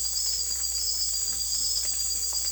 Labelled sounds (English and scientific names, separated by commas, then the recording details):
none
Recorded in secondary vegetation near Puerto Asís, Putumayo, Colombia, on 26 December 2024 at 03:00
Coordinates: 0.488, -76.319
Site GP04